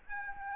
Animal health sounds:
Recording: mosquito wingbeat signal from an infrared sensor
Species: Aedes albopictus

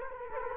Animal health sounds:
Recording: mosquito wingbeat signal from an infrared sensor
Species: Culex quinquefasciatus

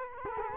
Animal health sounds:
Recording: mosquito wingbeat signal from an infrared sensor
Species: Culex quinquefasciatus

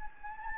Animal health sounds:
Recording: mosquito wingbeat signal from an infrared sensor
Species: Anopheles gambiae

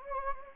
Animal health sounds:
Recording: mosquito wingbeat signal from an infrared sensor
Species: Anopheles gambiae

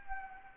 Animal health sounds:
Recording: mosquito wingbeat signal from an infrared sensor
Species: Anopheles gambiae

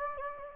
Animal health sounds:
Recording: mosquito wingbeat signal from an infrared sensor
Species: Anopheles gambiae

